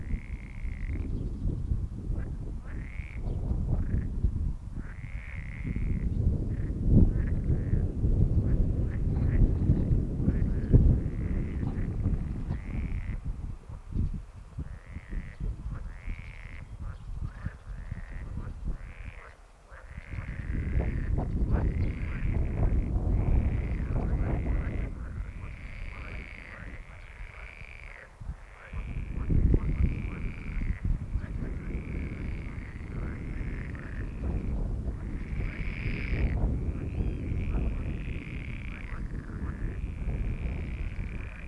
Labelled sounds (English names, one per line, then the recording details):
Pool Frog call
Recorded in the wild
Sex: male
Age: adult
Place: Ahrensfelde, OT Blumberg, Barnim, Brandenburg, DE
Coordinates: 52.6039, 13.6258
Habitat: park
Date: 1972-05-09 14:30
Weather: Wassertemperatur: 20-23°C; Luft: 26°C
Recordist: Günther, Rainer